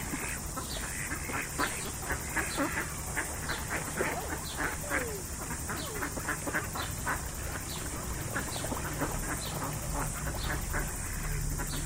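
Ducks quacking steadily, a flock giving overlapping harsh, nasal quacks in quick irregular bursts throughout, with a constant hiss behind them.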